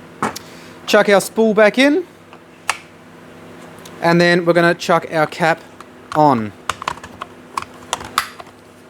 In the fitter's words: All right, both sides click in. You want to hear that audible click.